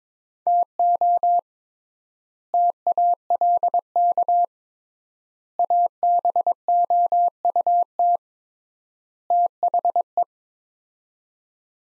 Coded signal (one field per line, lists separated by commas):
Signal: Morse code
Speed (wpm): 22 wpm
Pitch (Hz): 700 Hz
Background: none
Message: TO TALK ABOUT THE